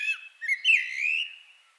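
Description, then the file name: Common blackbird song fragment: two short fluted notes, then a longer mellow whistle that swells and slowly trails away. "Turdus merula"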